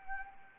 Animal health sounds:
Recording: mosquito wingbeat signal from an infrared sensor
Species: Anopheles arabiensis

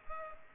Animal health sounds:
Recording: mosquito wingbeat signal from an infrared sensor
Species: Culex pipiens

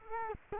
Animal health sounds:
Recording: mosquito wingbeat signal from an infrared sensor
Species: Culex quinquefasciatus

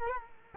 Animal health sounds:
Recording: mosquito wingbeat signal from an infrared sensor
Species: Culex quinquefasciatus

